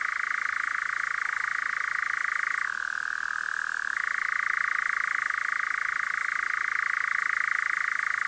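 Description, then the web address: European nightjar giving a sustained dry churr, rattling on without a break and shifting down in pitch for about a second midway before rising again. "caprimulgus europaeus call"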